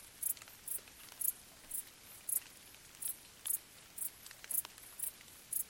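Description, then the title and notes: Cricket chirping in short high bursts about twice a second, soft rain pattering on vegetation beneath. Crickets stridulating late at night in gentle summer rain on vegetation, along an abandoned railway track in Bad Boll, Baden-Württemberg; nearby village silent. "Crickets in gentle summer rain. Bad Boll, Baden-Württemberg. Recorded by Colin Hunter"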